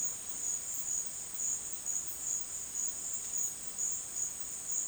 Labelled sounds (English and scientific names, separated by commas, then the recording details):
none
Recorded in secondary vegetation near Puerto Asís, Putumayo, Colombia, on 23 June 2025 at 12:30
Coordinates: 0.499, -76.323
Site G077